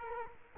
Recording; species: mosquito wingbeat signal from an infrared sensor; Culex quinquefasciatus